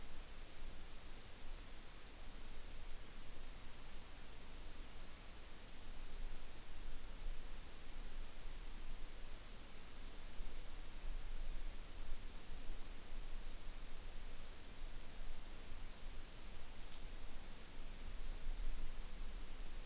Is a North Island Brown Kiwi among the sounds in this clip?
no